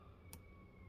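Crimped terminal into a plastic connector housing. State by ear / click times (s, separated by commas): seated / 0.3 s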